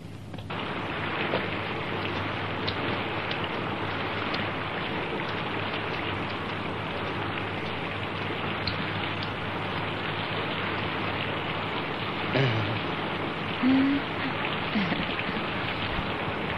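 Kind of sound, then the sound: nature, rain falling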